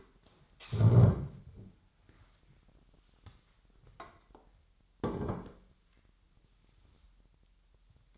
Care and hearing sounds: daily activity, microphone in the room; stand up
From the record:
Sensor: 3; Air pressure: 998.5 hPa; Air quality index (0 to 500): 128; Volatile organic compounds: 3 ppm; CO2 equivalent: 1533 ppm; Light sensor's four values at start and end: 8/19/8/9 and 13/29/13/14

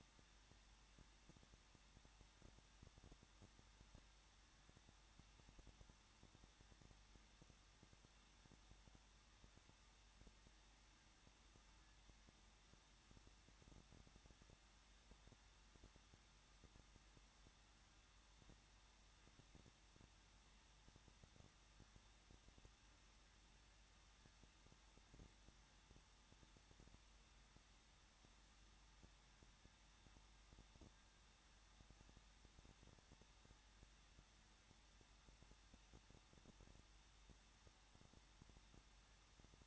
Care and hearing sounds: daily activity, microphone in the room; no activity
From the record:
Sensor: 3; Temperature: 21.3 degrees Celsius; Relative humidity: 36.2%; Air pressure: 1006.5 hPa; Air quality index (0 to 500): 220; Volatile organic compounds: 39 ppm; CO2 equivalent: 3133 ppm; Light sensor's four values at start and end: 2/3/2/2 and 2/3/2/2

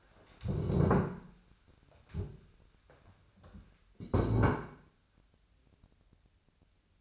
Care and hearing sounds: daily activity, microphone in the room; stand up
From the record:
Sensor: 2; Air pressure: 1015.1 hPa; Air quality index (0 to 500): 160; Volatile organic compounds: 8 ppm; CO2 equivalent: 2072 ppm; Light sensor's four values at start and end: 12/34/13/15 and 12/33/13/14

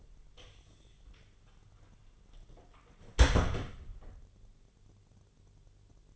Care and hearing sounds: daily activity, microphone in the room; close door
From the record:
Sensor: 4

